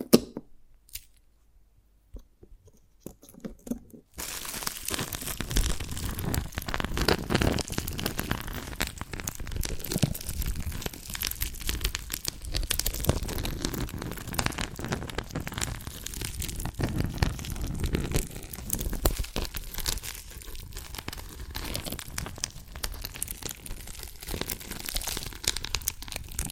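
Tapping and cracking on dalgona candy. The first four seconds are nearly silent, with only a few faint isolated clicks. Then a dense, steady run of crisp crackling and crinkling takes over and continues without pause to the end.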